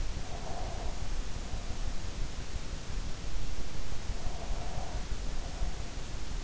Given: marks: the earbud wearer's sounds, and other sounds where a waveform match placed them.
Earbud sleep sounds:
sounds in sleep by an in-ear microphone; breath
0.01-2.15 s: breath
4.01-6.18 s: breath

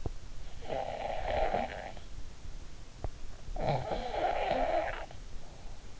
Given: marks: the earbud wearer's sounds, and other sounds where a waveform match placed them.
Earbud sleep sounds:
sounds in sleep by an in-ear microphone; snoring breath
0.69-1.93 s: snoring breath
3.52-5.18 s: snoring breath

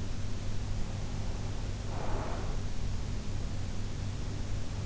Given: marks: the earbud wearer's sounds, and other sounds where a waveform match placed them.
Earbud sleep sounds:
sounds in sleep by an in-ear microphone; breath
1.68-3.02 s: breath

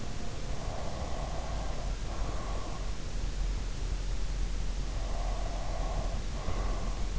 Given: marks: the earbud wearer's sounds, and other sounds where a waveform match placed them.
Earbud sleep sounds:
sounds in sleep by an in-ear microphone; breath
0.67-3.13 s: breath
4.81-7.19 s: breath

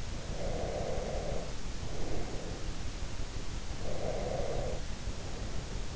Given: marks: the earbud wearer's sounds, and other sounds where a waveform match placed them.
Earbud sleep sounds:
sounds in sleep by an in-ear microphone; breath
0.19-2.75 s: breath
3.80-5.96 s: breath

